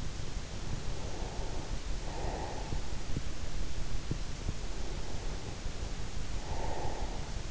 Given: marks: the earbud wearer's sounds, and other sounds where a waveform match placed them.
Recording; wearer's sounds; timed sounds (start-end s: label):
sounds in sleep by an in-ear microphone; breath
0.88-3.22 s: breath
4.39-7.50 s: breath